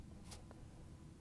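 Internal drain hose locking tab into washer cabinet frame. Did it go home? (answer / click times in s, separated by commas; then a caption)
no / none. The plastic toothed upper locking tab of a new Whirlpool/KitchenAid/Maytag internal drain hose (WPW10358149) is handled at the hole in the washer's back frame. A soft brushing noise comes at about 0.3 s, then a faint small tick at 0.5 s, over quiet background hum. Nothing has seated or clicked yet.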